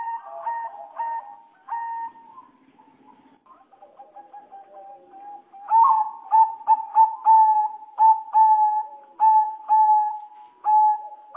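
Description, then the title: Java sparrow song: steady mid-pitched whistled notes, each opening with a sharp click, given in quick irregular runs with a brief quieter, lower passage between bursts. "kicau gelatik"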